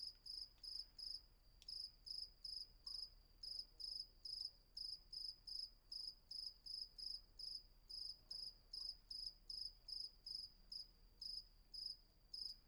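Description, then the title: Cricket chirps shrill and fast, repeated about two and a half times per second throughout, with a brief click near the start. Night ambience with crickets at Vagia, Patmos, Greece; recorded with Fostex FR-2 and MKH800 microphone. "Patmos, Vagia, Griechenland - Nachtsimmung 03, Grillen"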